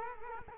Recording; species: mosquito wingbeat signal from an infrared sensor; Culex quinquefasciatus